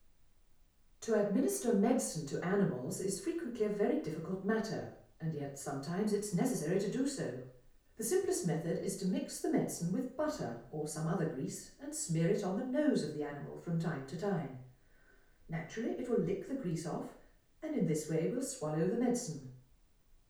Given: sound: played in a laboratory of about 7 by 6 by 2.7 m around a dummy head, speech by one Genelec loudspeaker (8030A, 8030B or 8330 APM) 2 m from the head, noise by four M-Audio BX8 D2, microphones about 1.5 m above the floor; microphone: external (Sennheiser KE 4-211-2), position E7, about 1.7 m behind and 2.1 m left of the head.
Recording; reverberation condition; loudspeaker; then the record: female speech in English; medium; in front (0 degrees)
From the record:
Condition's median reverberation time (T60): about 510 ms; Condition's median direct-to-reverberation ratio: about -0.5 dB